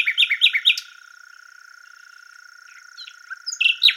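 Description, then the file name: Common nightingale song: a quick run of repeated chirps, a long pause, then harsh varied notes, with a constant high hum behind. "Luscinia megarhynchos"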